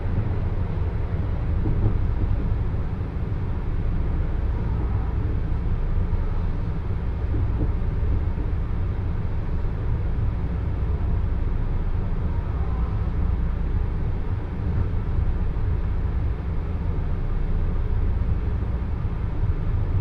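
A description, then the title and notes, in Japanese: A local train on the Joban Line rolls along in a steady, heavy rumble. The deep drone stays dense and even for the whole stretch, with faint rattles and a soft whine above it but no sharp events or breaks. 耳で楽しむ鉄道旅 常磐線普通 石岡→土浦→取手。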